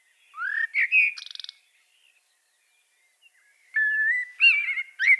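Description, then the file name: Common blackbird song: a rising fluted whistle and short warble with a buzzy twitter, a pause, then a second phrase of level and wavering whistles. "Turdus merula"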